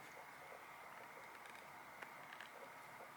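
A plastic backing is pushed onto a safety eye post through the crochet fabric of a plushie, over a steady low hiss. Two short, sharp clicks at 2.0 s and 2.4 s mark the backing snapping into place, and the safety eye is seated.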